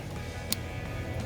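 The wiring harness connector is pushed back onto an ignition coil of a 2003–2009 Toyota 4Runner over a steady background hum. It latches with one short, sharp click at 0.5 s, and the connector is seated.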